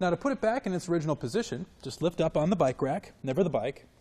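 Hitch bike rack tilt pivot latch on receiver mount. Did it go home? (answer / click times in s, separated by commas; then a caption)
no / none. A man talks while handling a tilted-down Kuat NV 2.0 two-bike hitch rack on a 2011 Subaru Forester, about to lift it by the rack, not the bike, back to its upright riding position. Nothing has seated or clicked yet; the metal tilt pivot latch on the receiver mount has not snapped locked.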